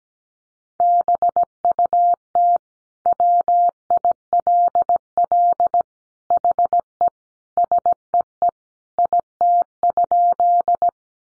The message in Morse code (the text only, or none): BUT WILL HE SEE IT?